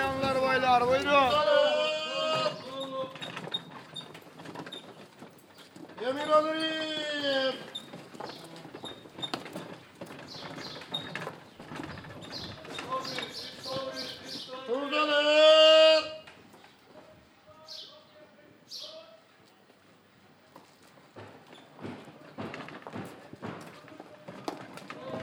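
Loud shouted calls burst out near the start, around six seconds and at fifteen, over steady Istanbul street chatter.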